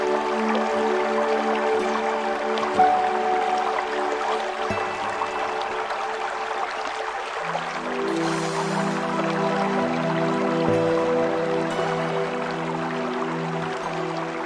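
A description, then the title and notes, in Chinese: Relaxing music plays over the steady rush of a river. Long, sustained low notes hold and then move to new chords around the fifth and eighth seconds, while the water's even hiss runs underneath at a constant level. 轻松的音乐与河流。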